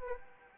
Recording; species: mosquito wingbeat signal from an infrared sensor; Anopheles arabiensis